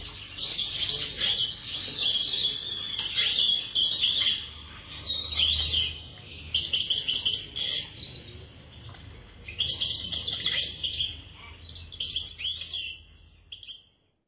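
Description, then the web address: Garden birds: several birds twitter and chirp in an overlapping high chorus with brief pauses, fading out at the end. Assorted birds in a garden. "Sound Effects Special FX 2. Assorted Birds in Garden"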